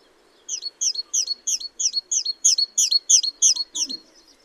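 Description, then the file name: Great tit giving a rapid series of about ten bright, high, clipped notes, roughly three a second, growing slightly louder toward the middle before fading. "Parus major"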